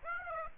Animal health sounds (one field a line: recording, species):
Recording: mosquito wingbeat signal from an infrared sensor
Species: Aedes aegypti